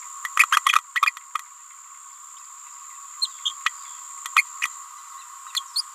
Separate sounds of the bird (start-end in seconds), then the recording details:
0.36-0.46, 0.51-0.61, 0.65-0.72, 3.21-3.28, 3.45-3.52, 4.36-4.43, 4.61-4.68, 5.54-5.62, 5.75-5.84. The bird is a female. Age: 28 days. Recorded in a nest box in Venezuela. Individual 17B31A3